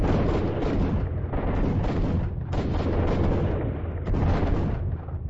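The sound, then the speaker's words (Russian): A distant explosion from a tripwire charge set off at a door rumbles heavily, with a few loud, booming bursts rolling over a continuous deep roar that fills the whole stretch. No voices. “И почти сразу прозвучал далекий взрыв.”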